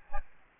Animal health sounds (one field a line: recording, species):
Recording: mosquito wingbeat signal from an infrared sensor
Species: Aedes albopictus